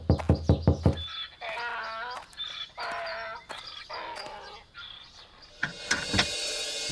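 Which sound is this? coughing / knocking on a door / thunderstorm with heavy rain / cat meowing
knocking on a door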